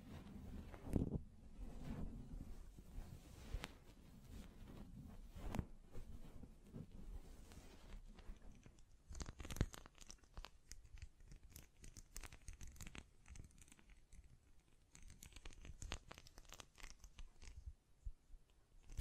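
Hands brush, tap and scratch across a microphone, giving dense, irregular rustling and crinkling with sharp taps scattered throughout. The first eight seconds carry a heavier, lower rubbing with strong thumps near one and nine and a half seconds; afterward the sounds turn lighter, scratchier and more crackly.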